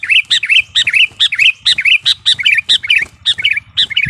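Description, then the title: Sooty-headed bulbul singing fast, repeating short bubbly two-part phrases about twice a second over a faint low hum. "kutilang"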